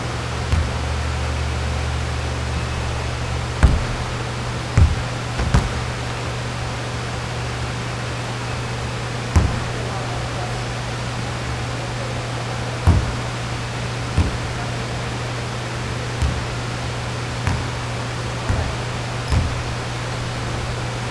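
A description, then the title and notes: Practice shots at a court, heard as sharp, separate thumps every second or few, some close together, spread unevenly through the clip. Under them runs a steady low ventilation hum and a constant airy hiss. Practice Shots at the Court.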